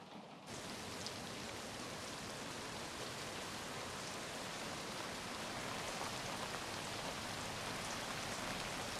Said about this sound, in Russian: Ночь. На улице идет дождь.